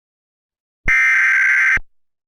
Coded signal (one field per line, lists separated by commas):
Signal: Emergency Alert System (SAME) tones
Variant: header bursts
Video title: The Great War - A WW3 EAS Scenario